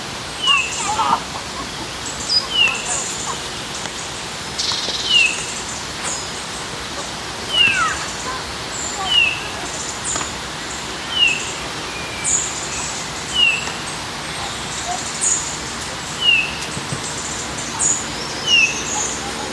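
In the park, a bird repeats a short, bright downward call about every two seconds over a steady hiss and soft low rumble.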